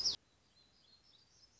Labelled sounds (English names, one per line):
Black-throated Gray Warbler